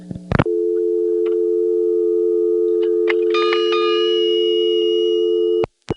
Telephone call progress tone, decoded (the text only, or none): dial tone